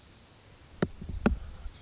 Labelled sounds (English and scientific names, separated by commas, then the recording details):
Oak Titmouse (Baeolophus inornatus)
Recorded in Sonoma County, California